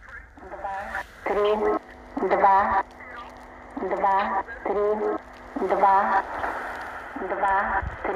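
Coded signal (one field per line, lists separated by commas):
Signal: numbers station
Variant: S06s and E11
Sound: voice reading short words at a steady pace over shortwave radio hiss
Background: radio static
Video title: SW DX - 2 Numbers Stations received simultaneously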